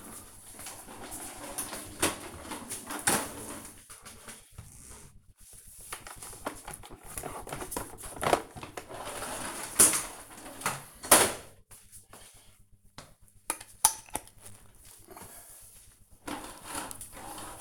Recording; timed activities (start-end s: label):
household activities, microphone on the right wrist
none